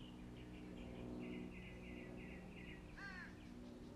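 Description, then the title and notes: Birds singing, with a quick run of repeated chirped notes followed by a single harsh caw, over a constant low humming drone. Birds singing in the morning. "birds 🐦 singing. Good Morning"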